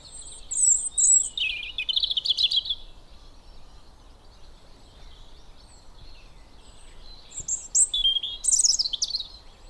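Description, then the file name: European robin singing a sweet, high, twittering phrase with quick trills, then a long silent gap before a second tinkling, varied phrase. "Erithacus rubecula"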